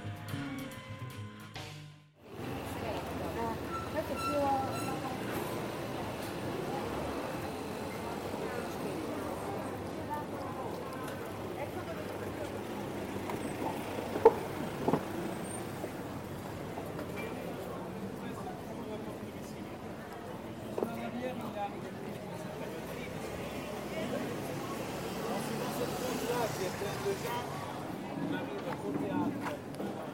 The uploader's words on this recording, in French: Taormina, Sicily, Italy. Enregistrements audio réalisés en milieu urbain. Sons des villes.